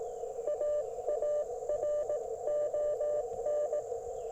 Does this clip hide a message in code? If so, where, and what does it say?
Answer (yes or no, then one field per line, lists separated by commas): yes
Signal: Morse code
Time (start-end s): 0.5-3.8 s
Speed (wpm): 19 wpm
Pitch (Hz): 600 Hz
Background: none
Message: AARON